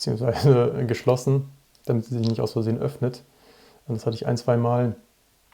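A metal folding clasp of a watch strap buckle is being handled while someone talks, meant to be pressed closed until it locks so it will not open by accident. Speech fills most of the clip, with only a faint brief sound near the end at 5.5 s. Nothing has clicked or seated yet.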